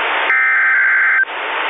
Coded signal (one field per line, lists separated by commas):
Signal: Emergency Alert System (SAME) tones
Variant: header bursts